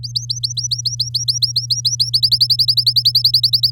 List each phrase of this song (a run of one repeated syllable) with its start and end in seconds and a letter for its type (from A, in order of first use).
0.03-2.10 A, 2.13-3.70 B